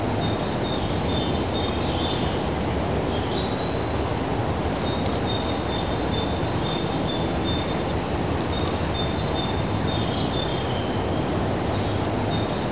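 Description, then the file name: Forest birds twittering, bursts of quick high chirps and a thin sustained whistle recurring throughout, against a continuous hiss and deep rumble. Outside broadcast recording in a forest. "Outside Broadcast Recordings - Forest Birds"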